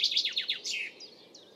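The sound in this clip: Bird twitters in a rapid burst of descending chirps, then a few fainter high notes.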